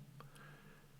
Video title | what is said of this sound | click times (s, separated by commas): LG UltraGear 27GP750 Gaming Monitor Review | the stand itself clicks into place in a single motion | 0.2 s